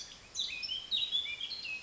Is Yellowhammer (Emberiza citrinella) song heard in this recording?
no